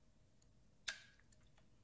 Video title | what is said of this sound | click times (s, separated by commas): How to replace power window lock & mirror switches on Impala 2000 to 2005 (EP 254.347) | here to go click don't want to break it | 0.9 s